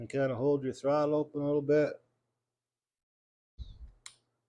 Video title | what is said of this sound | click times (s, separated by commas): Husqvarna 445 Chainsaw: Get Running | and it pops right in place | 4.1 s